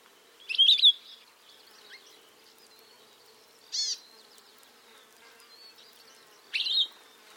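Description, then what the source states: Palila vocalizing: three loud, brief warbled bursts spaced roughly three seconds apart, with faint thin whistles and soft buzzy notes between them. Hawaiian bird whose name is meant to evoke its call; recorded in Hawaii.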